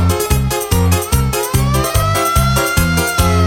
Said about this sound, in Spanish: Suena la sirena, llegaron los bomberos para apagar el fuego.